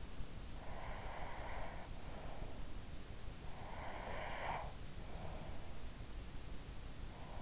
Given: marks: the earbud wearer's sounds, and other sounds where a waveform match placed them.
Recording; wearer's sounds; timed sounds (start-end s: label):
sounds in sleep by an in-ear microphone; breath
0.49-2.41 s: breath
3.53-5.93 s: breath